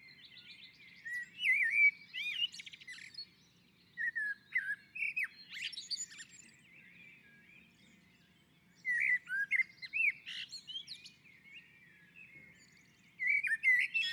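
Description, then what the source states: Common blackbird song: fluty, warbling phrases ending in high squeaky twitters, several phrases separated by short pauses, faint low hum beneath. On a roof.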